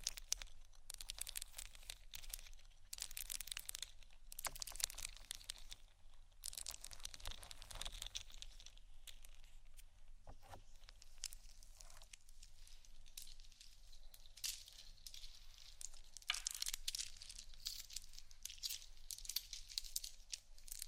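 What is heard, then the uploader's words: Scratching and crinkling textures run through the whole stretch, a dense, bright rustle with rapid uneven strokes. Louder bursts of scraping come in waves, around three, seven and sixteen seconds. A steady low hum sits underneath throughout. ASMR Textures Scratching & Tapping (No Talking).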